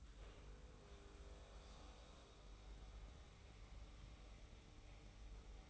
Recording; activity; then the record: daily activity, microphone in the room; make coffee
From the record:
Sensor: 1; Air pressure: 990.8 hPa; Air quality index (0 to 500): 138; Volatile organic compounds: 612 ppm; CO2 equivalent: 4953 ppm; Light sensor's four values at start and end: 23/55/23/25 and 23/54/23/25